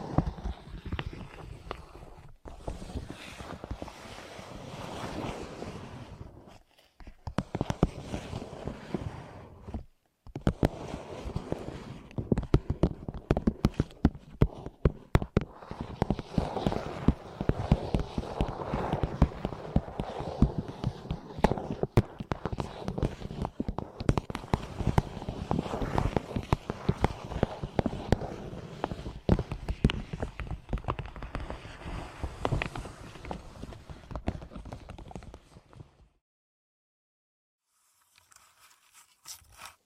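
Crinkling, clicky and scratchy sounds of an ear massage run almost continuously, with dense irregular clicks and rustles across low and bright ranges. Brief silent gaps fall near 2, 7 and 10 seconds, and the sound stops around 36 seconds, followed by faint scratches.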